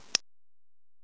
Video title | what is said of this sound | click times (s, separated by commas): November Contest - How to detect and Defeat Spool Pins | you heard the click the lock is open | 0.2 s